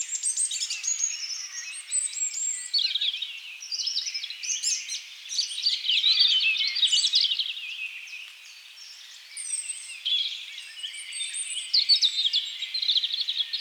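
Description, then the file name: European robin song, a dense run of high, thin warbling and trilled phrases with quick rises and falls, with a quieter stretch late on. "Erithacus rubecula"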